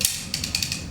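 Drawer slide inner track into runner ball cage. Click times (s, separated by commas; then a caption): 0.0 s. The inner track of a disconnectable metal drawer runner is lined up with the ball cage and pushed in until it re-engages, giving a sharp click at 0.1 s. A series of lighter metallic ticks follows at about 0.3, 0.4, 0.6 and 0.7 s. The track is seated and the runner is connected again.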